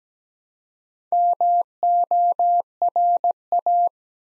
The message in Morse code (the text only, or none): MORA